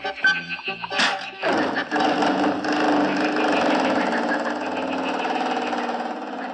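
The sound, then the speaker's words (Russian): A car engine cranks after a few short clicks, catches, and settles into a steady, loud rumbling drone as the vehicle pulls away, holding an even revving tone until the end. “А наши друзья тем временем уселись в автомобиль вместе с бегемотом. Поехали!”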